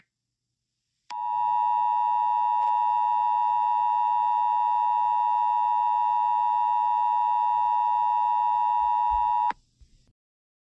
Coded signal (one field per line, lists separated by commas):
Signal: Emergency Alert System (SAME) tones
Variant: 853 and 960 Hz attention tone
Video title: EAS SCENARIO 23: Attack Of The Monsters